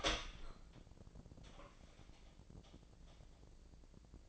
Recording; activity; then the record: daily activity, microphone in the room; open door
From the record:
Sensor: 5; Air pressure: 1012.4 hPa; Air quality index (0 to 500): 162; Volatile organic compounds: 2 ppm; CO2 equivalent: 1107 ppm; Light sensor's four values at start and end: 204/496/207/227 and 209/510/213/234